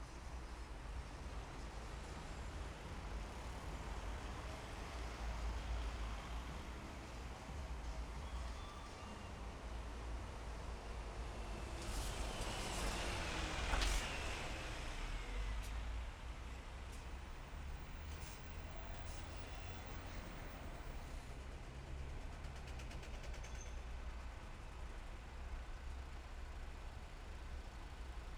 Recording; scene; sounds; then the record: everyday scene through a hearing-aid microphone; in traffic; traffic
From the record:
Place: main city hub, rush hour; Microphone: behind the ear, left, rear